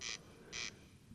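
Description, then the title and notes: Corn crake rasping double note, two short dry grating bursts in quick succession, with faint low background noise. Singing bird near a peat bog, Col Bayard, Hautes-Alpes, 12 July 2018; sang continuously from 11 pm until dawn; recorded with Nagra Seven and Telinga Pro7. "Col Bayard - Hautes Alpes. Râle des genêts"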